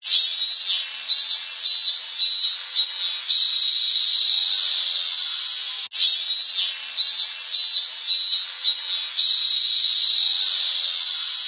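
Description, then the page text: Robust cicada singing the same phrase twice: a run of rhythmic buzzing pulses followed by a prolonged high droning note, then a brief break and the pattern repeats. "ミンミンゼミの鳴き声-sound-HIRingtone"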